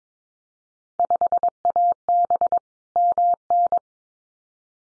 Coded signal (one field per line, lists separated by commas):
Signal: Morse code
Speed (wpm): 22 wpm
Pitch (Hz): 700 Hz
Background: none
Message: 5AB MN